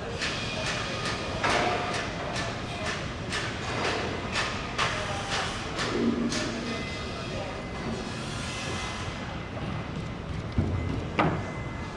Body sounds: background sound without coughing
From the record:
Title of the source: 30 MINUTES Construction Site Ambience (CC BY 4.0)

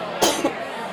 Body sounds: coughing mixed with background sound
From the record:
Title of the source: 61 morning phlegmy cough...again

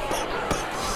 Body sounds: coughing mixed with background sound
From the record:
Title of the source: Coughing 79

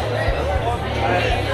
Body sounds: background sound without coughing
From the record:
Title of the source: CITY SOUNDS Busy Bar in the Evening Night - 2 HOURS of Ambiance for Relaxation

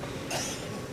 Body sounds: coughing mixed with background sound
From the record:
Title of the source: Dry Afternoon Cough

